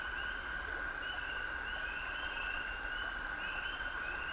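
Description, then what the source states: Toad trilling, one long even trill sustained throughout, with soft bird twitters above. Male toads singing love songs from the water in a wetland hollow near a beaver dam, upstate New York, USA, May 2018; binaural.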